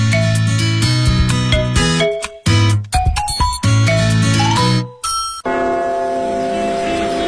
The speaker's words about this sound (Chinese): 大本钟的钟声记载着时间的流逝